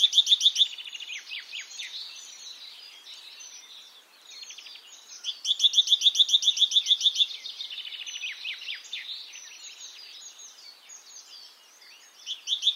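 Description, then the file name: Great tit calls: rapid bursts of sharp repeated notes, loudest at the start, middle and end, with steady twittering in between. "Parus major"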